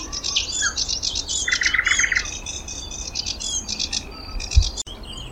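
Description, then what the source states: Thrush nightingale song: dense high rattling bursts, then a quick run of clipped mid-pitched notes, followed by more rapid high buzzy phrases; a low thump near the end. Song recorded in May 2026.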